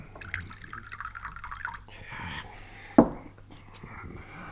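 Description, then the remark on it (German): Water trickles and splashes into a glass in an uneven, gurgling stream, broken by one sharp clink partway through, with a low steady hum underneath. “Ach, jetzt würde ich mich fast vergessen mit dem Wasser.”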